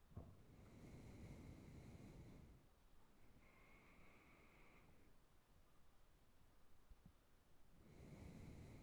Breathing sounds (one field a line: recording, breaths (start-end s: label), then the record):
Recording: nose breathing near a microphone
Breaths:
0.65-3.02 s: exhalation
3.02-5.16 s: inhalation
7.81-8.82 s: exhalation
From the record:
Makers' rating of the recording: good